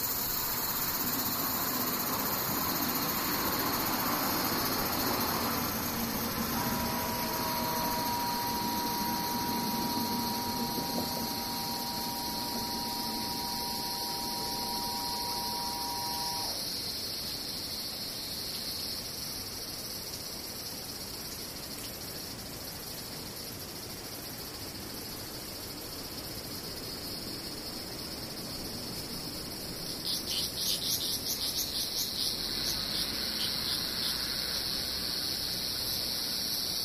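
Cicadas drone steadily throughout, a dense high-pitched shimmer that never lets up. From about 7 to 16 seconds a steady mid-pitched hum sits underneath. Around 30 seconds a louder, raspier buzzing joins in and continues to the end.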